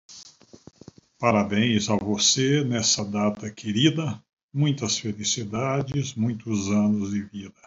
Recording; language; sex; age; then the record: short text; Brazilian Portuguese; male; 60 to 69 years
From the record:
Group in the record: control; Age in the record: 67 years